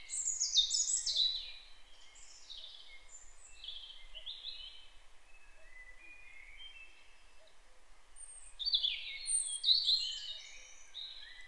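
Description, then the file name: European robin song in two high, wavering phrases of thin trills and warbles, separated by a pause, over a soft steady background hiss. "Erithacus rubecula"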